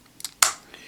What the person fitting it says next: And you want to make sure you kind of hear it click into place like so.